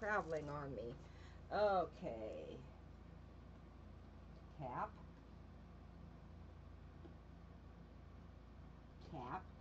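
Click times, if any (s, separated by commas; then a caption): none. During an acrylic pour, someone fumbles to fit a snap cap back onto a plastic paint bottle while talking in short bursts over a steady low hum. The cap has not clicked or seated yet.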